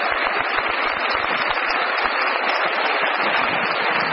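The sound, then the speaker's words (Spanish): A crowd at a business gathering claps steadily and loudly to recognize the team's diamond-rank leaders, a dense wash of many overlapping hand claps sustained throughout with no voices breaking through. “Bien, un gran aplauso.”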